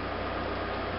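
A fabric soaker insert is handled at the back snap of a Softbums Echo AI2 cloth diaper cover before being snapped in. Only steady broadband hiss with a low hum is heard throughout, with no sudden sounds. Nothing has seated or clicked yet.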